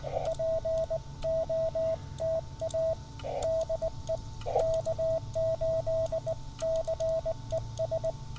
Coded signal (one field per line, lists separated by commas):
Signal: Morse code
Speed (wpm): 19 wpm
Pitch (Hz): 650 Hz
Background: radio noise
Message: POTA DE K8CES